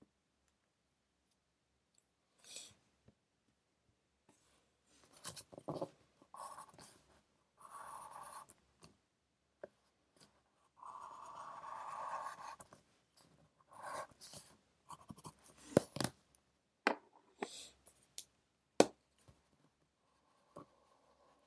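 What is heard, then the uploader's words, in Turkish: Pencil scratching while studying, in short irregular strokes and taps, with longer scribbles around eight and twelve seconds and quiet gaps between. Ev, kütüphane çalışmaları ortam sesi. Kurşun kalem ile ders çalışma; ortam sesleri, beyaz gürültü alt yapısı.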